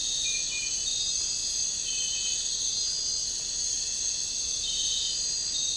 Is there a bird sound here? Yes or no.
no